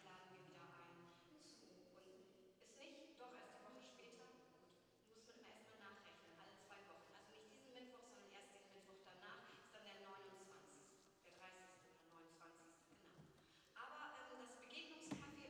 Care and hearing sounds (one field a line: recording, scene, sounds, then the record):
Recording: everyday scene through a hearing-aid microphone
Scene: reverberant space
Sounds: speech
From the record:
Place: church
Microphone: in the ear canal, right